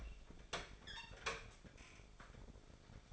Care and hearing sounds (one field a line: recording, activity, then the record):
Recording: daily activity, microphone in the room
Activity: open fridge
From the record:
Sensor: 5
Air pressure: 1004.7 hPa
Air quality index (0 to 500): 158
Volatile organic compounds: 3 ppm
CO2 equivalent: 1493 ppm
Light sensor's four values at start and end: 20/45/18/16 and 22/49/19/18